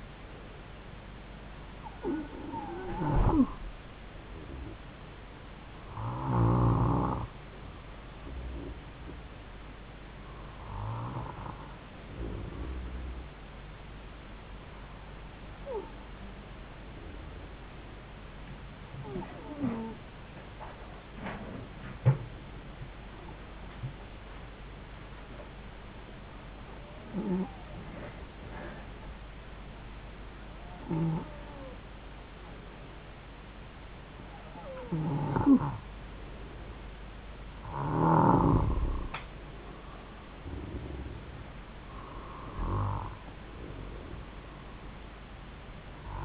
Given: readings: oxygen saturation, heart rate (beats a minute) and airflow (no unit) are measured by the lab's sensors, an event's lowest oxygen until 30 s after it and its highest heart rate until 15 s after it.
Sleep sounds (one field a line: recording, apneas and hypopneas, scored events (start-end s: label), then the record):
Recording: breathing in sleep by a voice recorder at the bedside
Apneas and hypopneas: 1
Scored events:
21.00-37.80 s: hypopnea (N2, oxygen 94% highest, then 91% lowest, heart rate 74 at the start, 76 highest)
From the record:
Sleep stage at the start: N2 (light sleep)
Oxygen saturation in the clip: 91 to 94%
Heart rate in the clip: 71 to 76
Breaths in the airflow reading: 11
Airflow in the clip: -4.9 to 7.4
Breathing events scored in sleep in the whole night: 270 in 6.1 hours asleep